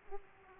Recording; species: mosquito wingbeat signal from an infrared sensor; Aedes aegypti